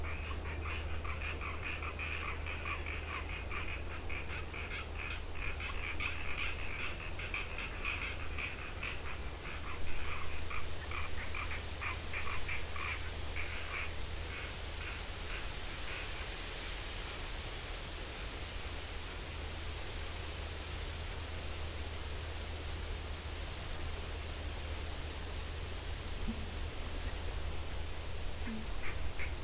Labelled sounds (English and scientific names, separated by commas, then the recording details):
Common Tree Frog (Hyla arborea) call
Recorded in the wild
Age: adult
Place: Kloster, Insel Hiddensee, Mecklenburg-Vorpommern, DE
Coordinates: 54.5883, 13.115
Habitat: pond
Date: 2007-09-05 20:30
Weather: 15°C, schwacher bis mäßiger Wind
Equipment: Sound Devices 702, Sennheiser MKH 40
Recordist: Frommolt, Karl-Heinz